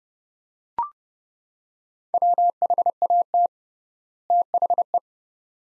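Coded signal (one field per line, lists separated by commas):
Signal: Morse code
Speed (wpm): 32 wpm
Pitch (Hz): 700 Hz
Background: none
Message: WHAT THE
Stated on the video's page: Morse practice, sets of two words at 30 wpm with 3x word spacing, a word-based analogue of Farnsworth spacing, for head-copy training.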